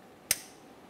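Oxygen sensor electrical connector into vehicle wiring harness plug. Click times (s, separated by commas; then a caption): 0.3 s. The plastic wiring connector of the downstream oxygen sensor on a 2009–2010 Pontiac Vibe is lined up by its locking tab and slid into the mating harness plug. A single sharp click is heard at 0.3 s against a quiet background. The connector is seated and locked, then given a tug to check it.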